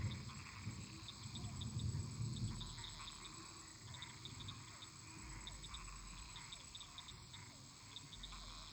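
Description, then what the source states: Frogs and toads: frogs calling in a busy overlapping chorus of short notes, over a deep rumble that swells in the first seconds and returns near the end, plus faint high ticking. Many toads and frogs calling together in a marsh, with thunder.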